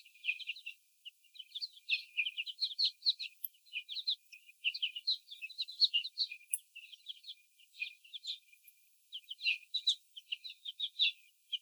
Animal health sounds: young laying hens in a cage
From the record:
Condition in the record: before the stressor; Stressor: sudden umbrella opening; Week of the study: 3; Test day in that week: 2

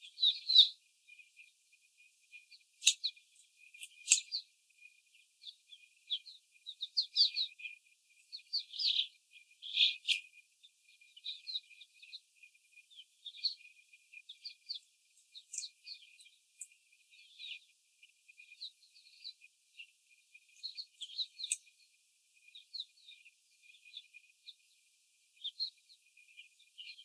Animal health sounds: young laying hens in a cage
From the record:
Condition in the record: before the stressor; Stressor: simulated dog barking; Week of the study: 4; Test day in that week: 3

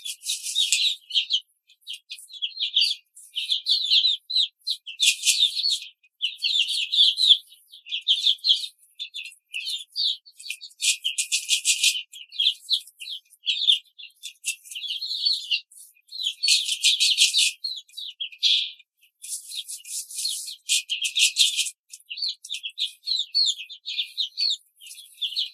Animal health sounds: young laying hens in a cage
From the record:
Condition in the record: control cage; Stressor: none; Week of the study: 5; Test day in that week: 1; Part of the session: 4

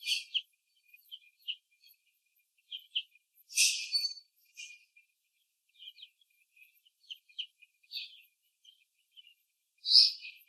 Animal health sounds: young laying hens in a cage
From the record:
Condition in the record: after the stressor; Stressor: simulated dog barking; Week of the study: 2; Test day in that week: 3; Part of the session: 1

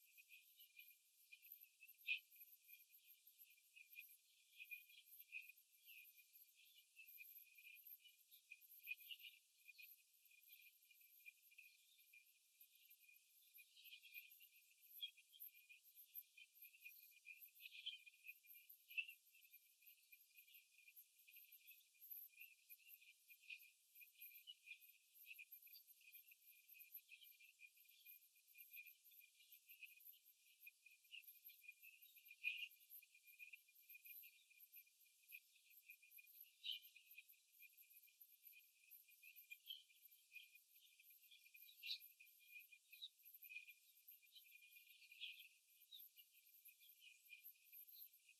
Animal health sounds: young laying hens in a cage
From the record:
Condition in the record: after the stressor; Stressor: simulated dog barking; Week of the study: 3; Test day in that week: 2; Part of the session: 2

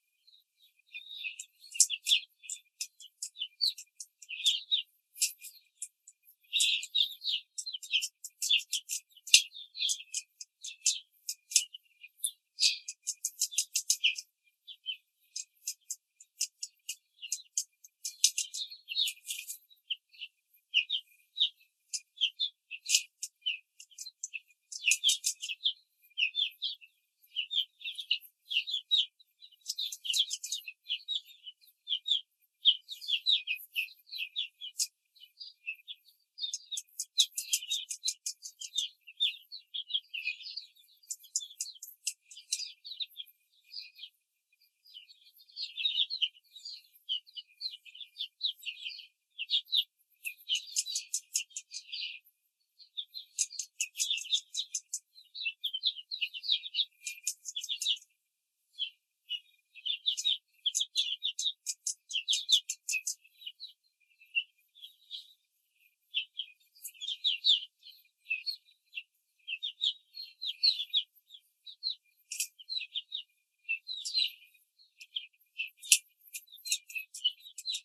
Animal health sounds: young laying hens in a cage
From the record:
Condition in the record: control cage, before the stress test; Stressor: none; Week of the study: 4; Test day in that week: 1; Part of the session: 2

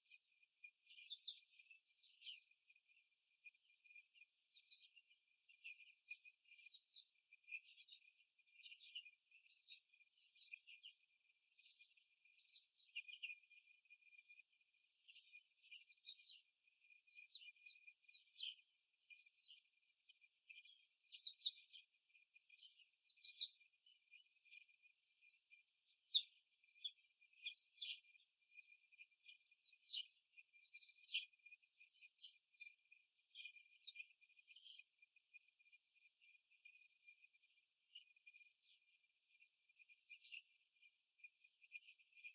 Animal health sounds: young laying hens in a cage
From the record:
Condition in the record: before the stressor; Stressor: simulated dog barking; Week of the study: 3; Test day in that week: 1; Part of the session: 1

